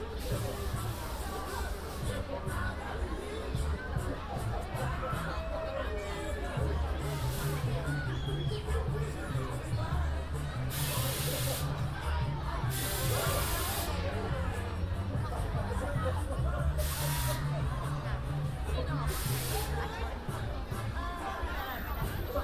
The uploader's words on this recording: A binaural field recording in Hyde Park, walking from just outside the Serpentine to the winter carnival.